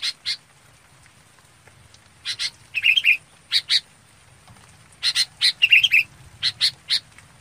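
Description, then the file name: Red-whiskered bulbul calls: sharp paired chirps alternating with short, bubbling whistled phrases, a quiet gap in the middle. Bird calling the flock. "Tieng chao mao bong goi bay"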